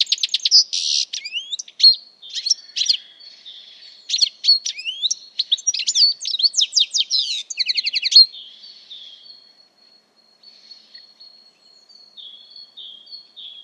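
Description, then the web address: Bird twittering in a fast jumble of sharp notes and buzzy trills for several seconds, then fading to a few thin, quiet whistles. "Deverinetal"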